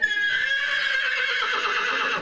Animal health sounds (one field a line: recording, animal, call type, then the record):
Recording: contact call of a hoofed animal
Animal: horse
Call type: whinny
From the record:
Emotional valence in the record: negative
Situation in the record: separation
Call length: 2.3 s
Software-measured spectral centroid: 2470 Hz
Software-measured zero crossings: 3810 a second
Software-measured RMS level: -24 dBFS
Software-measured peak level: -9 dBFS